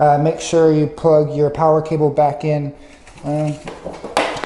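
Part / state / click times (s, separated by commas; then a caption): power cable plug into power chair socket / seated / 4.2 s. Someone talks while the power cable plug is pushed back into its socket at the rear of an Invacare Pronto M51/M61 power chair after a battery swap. A sharp click is heard at 4.2 s, followed by a faint tick near 4.4 s, and the plug is seated.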